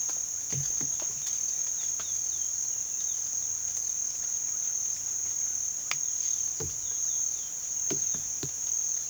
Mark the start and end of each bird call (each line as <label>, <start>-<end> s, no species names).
bird call, 0.53-3.20 s
bird call, 6.43-8.40 s